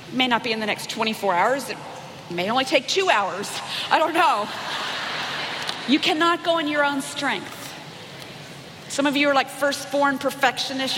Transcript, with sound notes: It may not be in the next twenty-four hours, it may only take two hours. I don’t know. (laughter) You cannot go in your own strength. Some of you are first-born perfectionists.